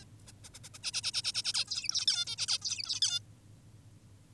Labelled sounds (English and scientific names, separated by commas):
Zebra Finch (Taeniopygia guttata)